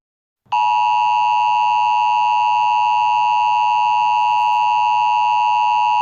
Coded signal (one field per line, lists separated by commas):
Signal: Emergency Alert System (SAME) tones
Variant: 853 and 960 Hz attention tone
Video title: EAS Scenario:The USSR Part 1